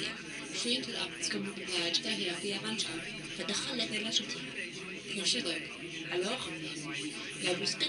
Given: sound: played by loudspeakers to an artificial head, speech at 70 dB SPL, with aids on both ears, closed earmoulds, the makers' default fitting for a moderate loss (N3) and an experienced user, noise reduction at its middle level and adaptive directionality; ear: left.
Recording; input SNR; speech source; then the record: speech test signal (ISTS) in cocktail-party noise; +3 dB; on the right (90 degrees)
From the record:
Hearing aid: class 2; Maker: B